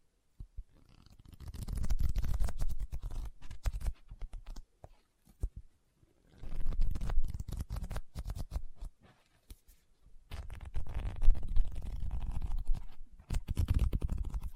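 Tapping and scratching on a book come in three bursts, roughly 1–5, 6.5–9.5 and 10.5–14.5 seconds, separated by short silences. Each burst is a dense run of quick, crisp taps over a low, soft rubbing rumble.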